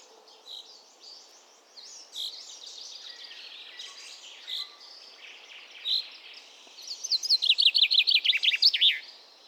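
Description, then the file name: Common chaffinch song: a fast series of bright, downward-sweeping notes rattling off in the last few seconds, after softer scattered chirps. "Fringilla coelebs"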